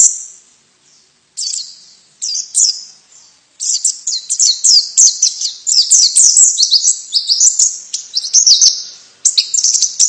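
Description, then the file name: White-eye giving high, thin chirps, first in brief spaced bursts, then in a rapid unbroken twitter of sweet slurred notes. Female bird; Indonesian name pleci. "suara pleci betina"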